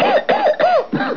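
Four quick voiced coughs from an adult come in a rapid run, each with a hoarse, rising-then-falling vocal tone, over about one second. It is a plain cough with no other sounds in the background.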